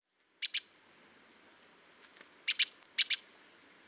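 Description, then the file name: Great tit giving two short bursts, each a pair of buzzy notes followed by a high, thin, sliding whistle, the second burst doubled. "Parus major"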